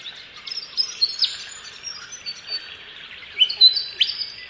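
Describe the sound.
Spotted nightingale-thrush song: thin, high whistled notes and quick upslurred phrases, louder near the start and end.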